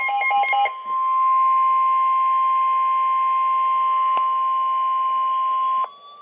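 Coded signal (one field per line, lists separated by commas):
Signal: Emergency Alert System (SAME) tones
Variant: 1050 Hz attention tone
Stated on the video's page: Special Marine Warning for Lake Okeechobee on NOAA weather radio station WXK83A, Sebring, Florida.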